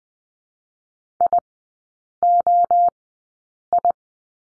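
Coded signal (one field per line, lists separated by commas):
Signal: Morse code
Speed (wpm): 20 wpm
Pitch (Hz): 700 Hz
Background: none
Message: IOI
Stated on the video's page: Morse code course lesson on the letter I, sent at Farnsworth speed of 20/10 wpm.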